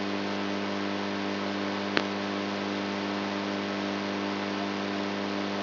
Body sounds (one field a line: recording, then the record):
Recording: brain microelectrode recording played as sound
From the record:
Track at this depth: inside the subthalamic nucleus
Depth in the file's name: 3.121 mm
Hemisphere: right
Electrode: 3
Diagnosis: Parkinson's disease